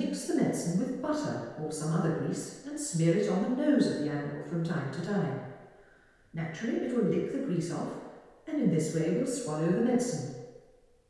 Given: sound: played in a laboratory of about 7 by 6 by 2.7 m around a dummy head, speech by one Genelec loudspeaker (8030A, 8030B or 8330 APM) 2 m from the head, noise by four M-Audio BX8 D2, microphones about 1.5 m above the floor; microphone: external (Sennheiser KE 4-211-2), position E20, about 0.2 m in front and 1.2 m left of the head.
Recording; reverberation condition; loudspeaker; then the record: female speech in English; high; 120 degrees to the right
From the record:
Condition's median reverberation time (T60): about 1300 ms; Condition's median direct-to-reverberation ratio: about -4.0 dB